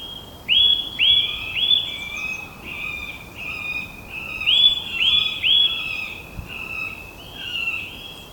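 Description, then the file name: Eurasian nuthatch giving loud, clear whistled notes, repeated in quick runs of two or three with softer trailing notes, over faint background hiss. "Sitta europaea"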